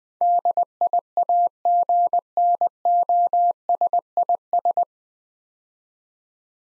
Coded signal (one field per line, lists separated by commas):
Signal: Morse code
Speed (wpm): 21 wpm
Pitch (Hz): 700 Hz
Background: none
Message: DIAGNOSIS